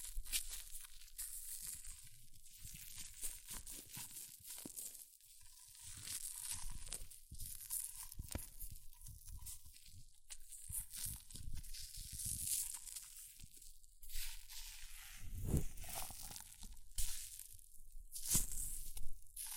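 Hair mousse fizzes and crackles in a dense, continuous hiss of tiny bright pops across the whole 20 seconds. Sharper crinkling bursts and brief loud snaps break through irregularly, notably around 15 and 18 seconds, with softer low rustling underneath.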